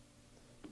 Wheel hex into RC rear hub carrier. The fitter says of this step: should kind of snap into place here